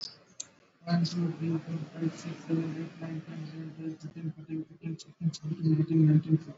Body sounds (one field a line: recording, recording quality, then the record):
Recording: counting at a fast pace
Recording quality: poor, much background noise or distortion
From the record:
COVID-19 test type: RT-PCR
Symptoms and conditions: cough, cold, fever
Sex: male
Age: 27 years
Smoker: no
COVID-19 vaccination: both doses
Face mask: worn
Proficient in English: yes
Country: India